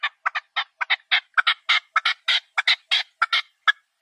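Partridge calling with a rapid series of loud, rasping, chuckling notes throughout.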